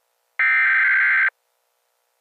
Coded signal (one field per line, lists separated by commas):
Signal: Emergency Alert System (SAME) tones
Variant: header bursts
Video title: RWT 11-20-24 With New Radios! (EAS 37)